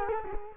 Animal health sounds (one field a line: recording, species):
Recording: mosquito wingbeat signal from an infrared sensor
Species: Culex quinquefasciatus